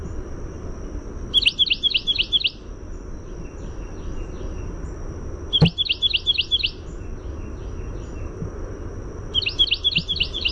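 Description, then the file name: Carolina wren song: three bursts of about five rapid, rolling repeated phrases, roughly four seconds apart, over a steady high insect whine and low background rumble. "CARW song"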